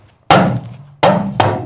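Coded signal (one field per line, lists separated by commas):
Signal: talking drum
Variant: Yoruba dùndún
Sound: three woody drum strokes, a low resonant hum after the first, pitch slightly varying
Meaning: The host's name, Ruti, pronounced in Yoruba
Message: Ruti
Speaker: That's your name. So if I want to pronounce your name the Yoruba, Ruti.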